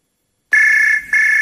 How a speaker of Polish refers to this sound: Jest takie miejsce, w którym codziennie dzwoni telefon. Nie pozwól, by kiedykolwiek pozostał bez odpowiedzi.